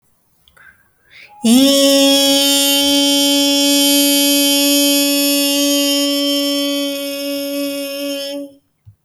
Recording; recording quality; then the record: sustained vowel as in beet; excellent, no background noise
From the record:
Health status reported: healthy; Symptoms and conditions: cough, diabetes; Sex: female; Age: 38 years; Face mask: not worn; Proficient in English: yes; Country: India